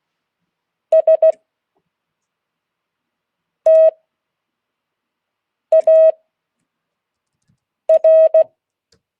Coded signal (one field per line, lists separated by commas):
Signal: Morse code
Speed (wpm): 16 wpm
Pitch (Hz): 630 Hz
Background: none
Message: STAR